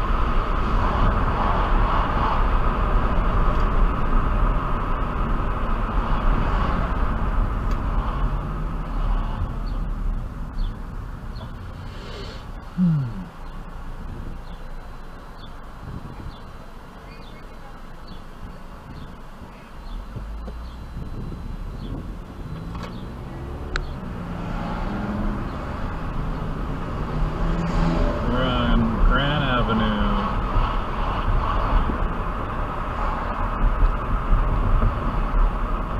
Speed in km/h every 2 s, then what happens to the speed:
61, 60, 50, 37, 21, 10, 0, 0, 0, 0, 0, 0, 23, 34, 44, 50, 50, 48.
0-11 brakes to 0. 11-22 standing. 22-30 pulls away to 50. 30-36 steady at about 50.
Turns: none.